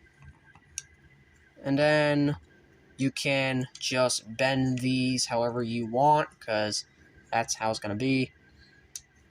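A plastic part on the second side of a Jinbao 05 Destroy Emperor (Deluxe Scaled NewAge Megatron) transforming robot figure is pushed into the figure's body during conversion, and it seats with a sharp little click at 0.8 s. Someone then talks over a quiet background, and another brief tick comes near the end at about 9.0 s.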